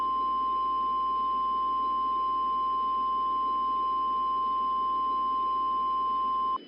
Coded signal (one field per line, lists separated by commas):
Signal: Emergency Alert System (SAME) tones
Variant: 1050 Hz attention tone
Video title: EF - N I G H T M A R E (A Tornado Outbreak EAS Scenario)